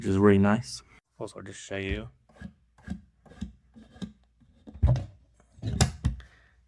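Someone talks while a hidden wooden storage panel door is handled with a few light knocks and rubs, then pushed shut onto its magnetic catch. A sharp snap at 5.8 s marks the catch closing home, holding with just the right amount of force.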